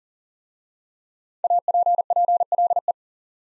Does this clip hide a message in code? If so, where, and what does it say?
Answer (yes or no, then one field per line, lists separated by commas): yes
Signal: Morse code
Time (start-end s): 1.4-2.9 s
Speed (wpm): 40 wpm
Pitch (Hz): 700 Hz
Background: none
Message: APPLE